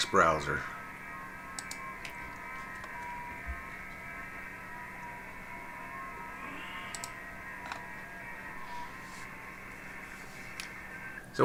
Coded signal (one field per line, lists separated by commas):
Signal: FT8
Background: speech